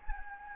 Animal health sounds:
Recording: mosquito wingbeat signal from an infrared sensor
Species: Anopheles gambiae

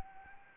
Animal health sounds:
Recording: mosquito wingbeat signal from an infrared sensor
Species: Anopheles arabiensis

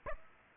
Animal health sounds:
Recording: mosquito wingbeat signal from an infrared sensor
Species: Aedes aegypti

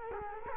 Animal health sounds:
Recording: mosquito wingbeat signal from an infrared sensor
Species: Culex quinquefasciatus

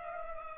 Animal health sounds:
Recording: mosquito wingbeat signal from an infrared sensor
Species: Culex pipiens

